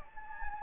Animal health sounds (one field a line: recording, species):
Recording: mosquito wingbeat signal from an infrared sensor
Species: Anopheles gambiae